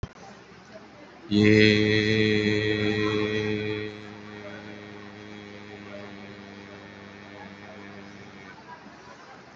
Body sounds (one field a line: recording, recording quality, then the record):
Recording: sustained vowel as in made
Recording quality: excellent, no background noise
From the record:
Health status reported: COVID-19 positive, mild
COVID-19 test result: positive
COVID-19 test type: RT-PCR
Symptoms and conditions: cough, cold, sore throat, fever, muscle pain, loss of smell and taste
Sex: male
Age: 41 years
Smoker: no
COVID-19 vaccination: one dose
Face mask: worn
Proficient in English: yes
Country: India